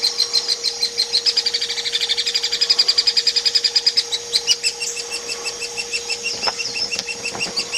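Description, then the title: Hairy woodpecker chatter: a long stream of rapid, high, sharp notes that becomes looser and more scattered toward the end. Used as masteran tutoring audio for training kacer, murai and cucak hijau songbirds. "platuk hairy untuk kacer murai cucak hijau masteran"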